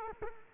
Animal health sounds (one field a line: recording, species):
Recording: mosquito wingbeat signal from an infrared sensor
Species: Culex quinquefasciatus